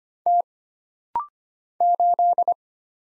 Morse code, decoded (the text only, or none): T 8